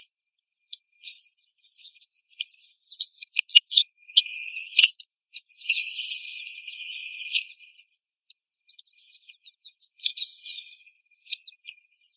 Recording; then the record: young laying hens in a cage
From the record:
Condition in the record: after the stressor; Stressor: simulated dog barking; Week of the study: 1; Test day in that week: 1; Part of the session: 1